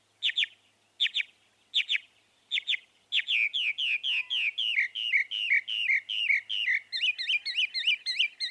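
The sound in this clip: Northern mockingbird singing a few spaced harsh double notes, then a rapid string of repeated buzzy downslurs that switches to a higher, varied trill near the end.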